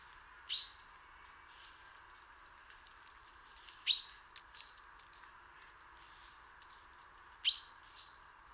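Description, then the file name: Common chaffinch repeating a short, piercing high call three times at intervals of about three and a half seconds, with faint ticking notes in between. "Fringilla coelebs"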